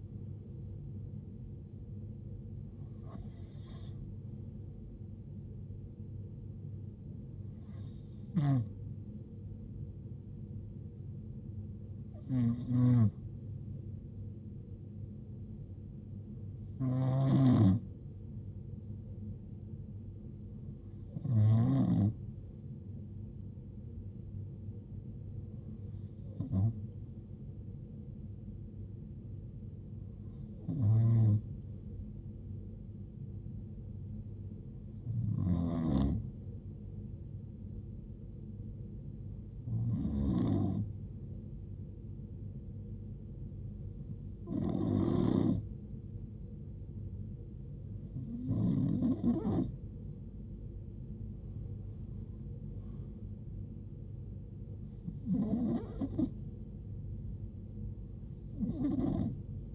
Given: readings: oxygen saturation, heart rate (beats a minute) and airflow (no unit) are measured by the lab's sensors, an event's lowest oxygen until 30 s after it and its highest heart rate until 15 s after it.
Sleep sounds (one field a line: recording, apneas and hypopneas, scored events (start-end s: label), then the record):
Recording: breathing in sleep by a smartphone at the bedside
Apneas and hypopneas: 1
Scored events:
35.00-55.30 s: hypopnea (N1, oxygen 94% highest, then 92% lowest, heart rate 68 at the start, 76 highest)
From the record:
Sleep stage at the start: N1 (lightest sleep)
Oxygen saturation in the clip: 91 to 95%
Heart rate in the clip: 64 to 84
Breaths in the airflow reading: 14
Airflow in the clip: -8.4 to 8.7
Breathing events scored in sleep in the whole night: 389 in 6.3 hours asleep